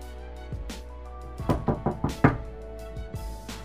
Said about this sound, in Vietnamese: Liên tiếp tiếng gõ cửa không có quy luật làm cho Lâm Hạnh không thể không từ trong núi hồ sơ ngẩng đầu lên.